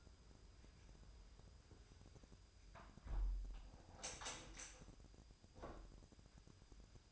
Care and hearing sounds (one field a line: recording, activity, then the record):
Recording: daily activity, microphone in the room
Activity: close window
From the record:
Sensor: 2